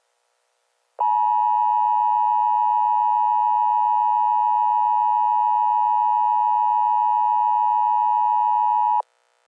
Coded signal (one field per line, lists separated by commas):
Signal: Emergency Alert System (SAME) tones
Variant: 853 and 960 Hz attention tone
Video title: EAS scenario zombies